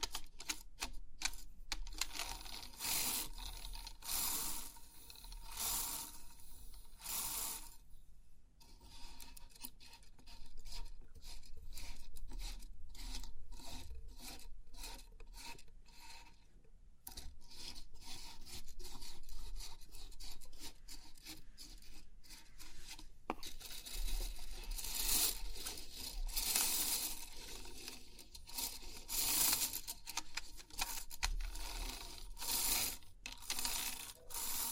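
Crisp pin art tingles: dense, scratchy rasping and rubbing as the pins are pushed and dragged, with quick metallic clicks scattered throughout. The activity runs steadily with brief pauses near 8 and 17 seconds, and grows brighter and louder from about 24 to 30 seconds.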